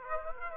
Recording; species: mosquito wingbeat signal from an infrared sensor; Aedes aegypti